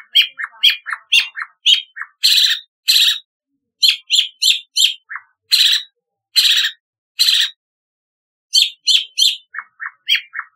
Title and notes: Kicau Burung Cendet